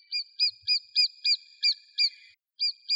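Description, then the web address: Lesser spotted woodpecker calling, a steady series of sharp, high, nasal kee notes repeated about three times a second, with a brief pause near the end. "Dendrocopos minor"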